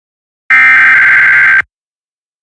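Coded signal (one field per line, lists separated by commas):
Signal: Emergency Alert System (SAME) tones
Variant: header bursts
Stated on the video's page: Weekly test tones, a recreation credited to another producer's station products.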